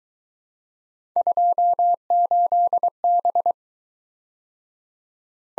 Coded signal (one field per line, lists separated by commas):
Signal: Morse code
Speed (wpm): 20 wpm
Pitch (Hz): 700 Hz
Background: none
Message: 28B